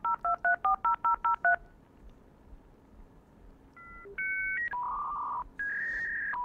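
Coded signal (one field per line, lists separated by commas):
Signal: dial-up modem handshake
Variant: 56k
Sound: eight quick touch-tone digits dialed, silence, then answer tones, warbling and rising handshake tones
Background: faint room noise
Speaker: wonderful things like this the 56k modem so this sound to anyone who ever used a modem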